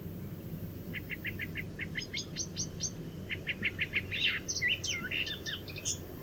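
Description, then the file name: Eurasian blackcap song: a run of short repeated chattering notes, then a quicker, higher warbled phrase of varied slurred notes, over a low steady background rumble. "Sylvia atricapilla"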